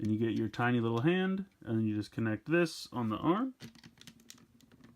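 Someone talks while handling the small plastic hand of a transforming toy mecha (Lupinranger VS Patranger DX Magic Dial Fighter), lining it up to connect onto the arm. After the talking stops, only faint, scattered light plastic ticks and handling noises are heard. Nothing has seated or clicked yet; the hand is not yet home on the arm.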